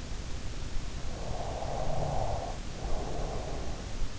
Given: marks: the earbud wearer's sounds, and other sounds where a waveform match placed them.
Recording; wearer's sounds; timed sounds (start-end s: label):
sounds in sleep by an in-ear microphone; snoring breath
0.94-4.09 s: snoring breath